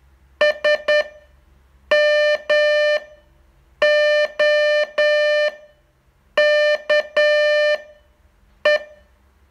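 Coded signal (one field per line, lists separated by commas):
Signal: Morse code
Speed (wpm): 10 wpm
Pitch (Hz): 600 Hz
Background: none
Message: SMOKE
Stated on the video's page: Morse training test, day 38 of a 42-day course.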